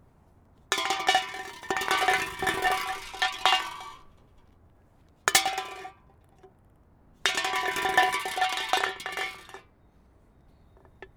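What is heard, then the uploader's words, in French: A metal can rolls across hard ground in three bursts of bright rattling clinks, around 1–4, 5–6 and 7–10 seconds, with quiet between. Canette roulant à terre. Lors d'une sortie aux alentours du collège, Kassoum Florian et Nadia ont enregistré les sons de la ville.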